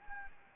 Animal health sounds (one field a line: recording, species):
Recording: mosquito wingbeat signal from an infrared sensor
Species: Anopheles gambiae